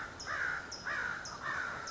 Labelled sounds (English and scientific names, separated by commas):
American Crow (Corvus brachyrhynchos)